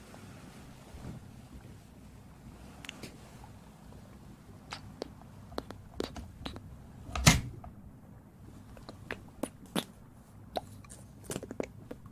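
Ear cleaning and ear massage, with a soft, steady low rumble underneath and scattered sharp clicks and crackles every second or so. The loudest snap comes at about seven seconds, and a cluster of quicker crackles follows near the end.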